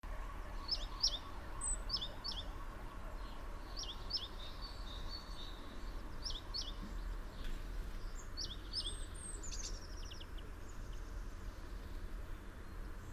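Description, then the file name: Great tit: short, high paired notes repeated about every two seconds over a steady low rumble. "Parus major"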